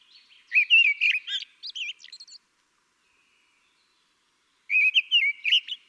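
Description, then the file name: Common blackbird song: two mellow warbled phrases with thin, high twittering flourishes, separated by about two seconds of silence. "Turdus merula"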